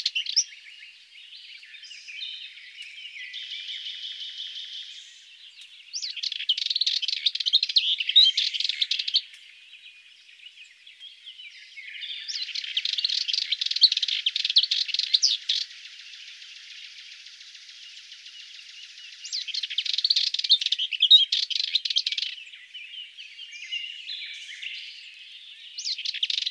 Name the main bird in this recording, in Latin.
Sylvia melanocephala